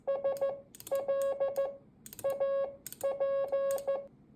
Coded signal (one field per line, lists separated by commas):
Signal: Morse code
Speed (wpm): 14 wpm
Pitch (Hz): 550 Hz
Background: none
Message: SLAP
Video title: Morse code practice decoding by ear. #morsecode #hamradio